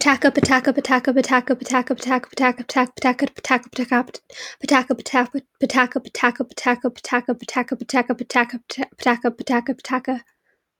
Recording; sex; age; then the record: repeated syllables /pa ta ka/; female; 18 to 19 years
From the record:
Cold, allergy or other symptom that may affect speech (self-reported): no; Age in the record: 19 years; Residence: California, United States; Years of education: 13